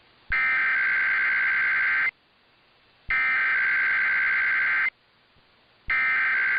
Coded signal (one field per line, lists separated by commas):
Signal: Emergency Alert System (SAME) tones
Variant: header bursts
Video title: EAS- San Francisco Bay Area RMT on KCBS-AM (1/9/24)